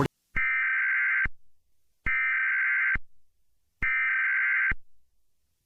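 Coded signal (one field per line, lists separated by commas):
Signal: Emergency Alert System (SAME) tones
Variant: header bursts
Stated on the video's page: Mock EAS alert using valid tones, simulated.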